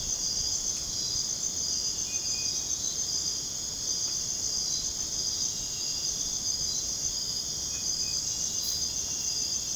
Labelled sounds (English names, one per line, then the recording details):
none
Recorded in dense forest near Puerto Asís, Putumayo, Colombia, on 23 June 2025 at 00:00
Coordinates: 0.486, -76.317
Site G065